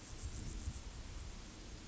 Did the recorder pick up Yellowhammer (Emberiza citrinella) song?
no